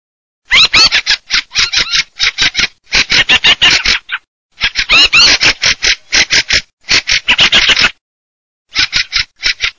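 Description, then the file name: Fieldfare calls, harsh rattling chatter of clicky notes in rapid bursts, broken by short pauses, continuing throughout. "CESENArom"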